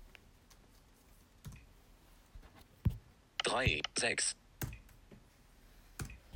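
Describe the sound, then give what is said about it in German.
Sharp, isolated key clicks land at uneven intervals as the digits of a password code are entered on a device, five or six crisp taps in all, while a voice briefly speaks a couple of words in the middle of the tapping. “So, hier auf OK klicken.”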